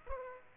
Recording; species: mosquito wingbeat signal from an infrared sensor; Aedes aegypti